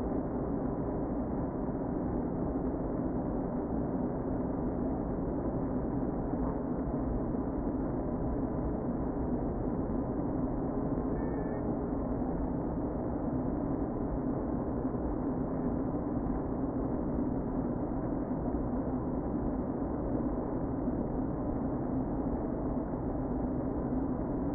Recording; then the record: honeybee colony, microphone inside the hive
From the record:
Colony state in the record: queen present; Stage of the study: before two queens were removed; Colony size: about 60,000 bees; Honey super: yes